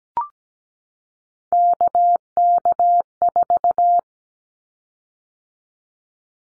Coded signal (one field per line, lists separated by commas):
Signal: Morse code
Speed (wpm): 17 wpm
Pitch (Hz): 700 Hz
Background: none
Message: KK4